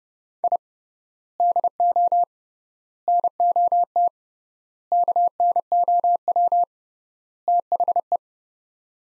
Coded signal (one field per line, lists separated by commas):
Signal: Morse code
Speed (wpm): 30 wpm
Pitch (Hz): 700 Hz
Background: none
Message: I DO NOT KNOW THE